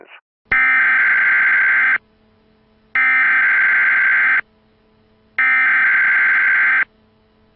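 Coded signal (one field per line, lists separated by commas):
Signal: Emergency Alert System (SAME) tones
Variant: header bursts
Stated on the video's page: Prank fake emergency broadcast alert for the Kansas City area, made to burn to DVD.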